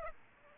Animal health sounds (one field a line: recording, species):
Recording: mosquito wingbeat signal from an infrared sensor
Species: Aedes aegypti